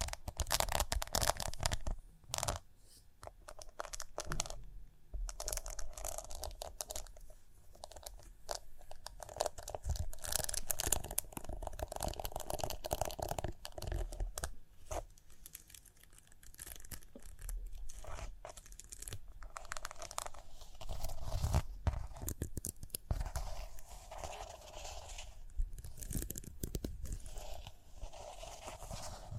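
Tapping, scratching and brushing on rhinestones fill the whole stretch with dense, crackly sound, bright and gritty, broken by frequent sharp clicks and rough scraping strokes. Level stays fairly steady, with brief quieter dips around 3, 15 and 20 seconds.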